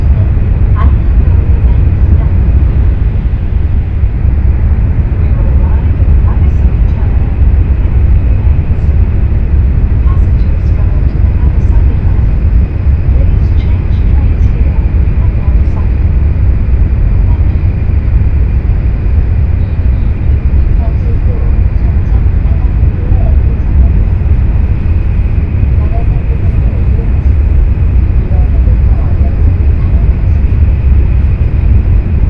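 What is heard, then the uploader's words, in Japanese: Steady, heavy low rumble inside a high-speed train carriage, constant and unbroken, with faint murmured voices and occasional small clicks above it. 西九州新幹線かもめ25号武雄温泉→長崎。嬉野温泉駅は通過なので、停車駅は新大村、諫早、長崎の３つです。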